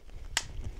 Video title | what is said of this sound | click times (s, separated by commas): Atlas bipod review (V8 & PSR) | little bit and it snaps right into place so I'm kind of missing a little bit another | 0.4 s